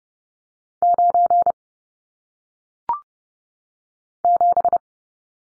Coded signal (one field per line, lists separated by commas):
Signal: Morse code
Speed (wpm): 30 wpm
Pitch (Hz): 700 Hz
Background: none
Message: 9 7